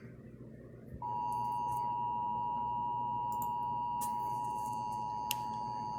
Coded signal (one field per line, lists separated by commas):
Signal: Emergency Alert System (SAME) tones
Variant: 853 and 960 Hz attention tone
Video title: JUST A FEW MORE... EAS Alerts from 6/20/22 (EAS 1,080-1,084)